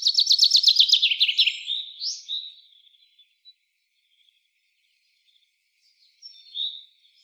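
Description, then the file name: Common chaffinch song: a rapid descending series of bright chips ending in a flourish, followed by faint high bird notes. "Fringilla coelebs"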